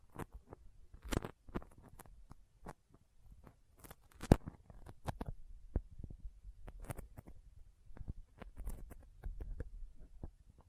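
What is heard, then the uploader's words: Sticky fingers make rapid, irregular clicks and tacky snaps with a low rumble underneath, with a sharp crack just past four seconds. ASMR Intense Sticky Finger Sounds (No Talking).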